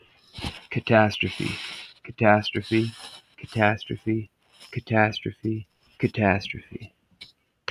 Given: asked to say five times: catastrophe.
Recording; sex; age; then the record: repeated word; male; 30 to 39 years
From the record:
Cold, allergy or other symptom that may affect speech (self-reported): no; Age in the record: 32 years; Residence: Washington, United States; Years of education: 13